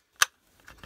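A plastic switch is lined up with its opening in a vehicle switch panel and pushed in, snapping home with one loud, sharp, bright click at 0.2 s. Fainter, lower knocks follow around 0.6 to 0.8 s, and the switch is seated in the panel.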